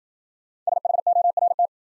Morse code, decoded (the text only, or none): SHORT